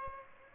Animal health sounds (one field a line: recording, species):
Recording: mosquito wingbeat signal from an infrared sensor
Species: Aedes aegypti